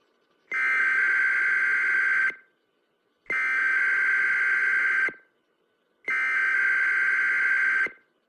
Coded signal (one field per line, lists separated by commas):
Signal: Emergency Alert System (SAME) tones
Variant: header bursts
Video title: American Emergency Alert System, but at varying speeds. (sensitive sound warning)